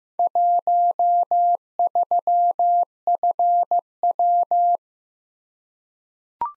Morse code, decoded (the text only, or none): 13FW